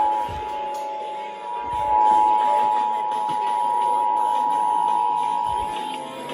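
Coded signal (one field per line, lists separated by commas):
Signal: Emergency Alert System (SAME) tones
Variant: 853 and 960 Hz attention tone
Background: music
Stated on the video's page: Texas required monthly test originated from two AM broadcast stations.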